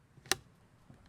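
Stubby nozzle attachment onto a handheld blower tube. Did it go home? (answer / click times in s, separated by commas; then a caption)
yes / 0.3 s. A stubby plastic nozzle attachment with a rubberized tip is pushed onto the tube end of an EGO 765 cordless leaf blower and latches with a sharp, bright click at 0.3 s, preceded by a faint soft contact. A quieter tap follows near 1.1 s, and the nozzle is left seated and very sturdy.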